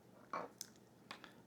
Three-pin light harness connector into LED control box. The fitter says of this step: And it does. Snap right into place.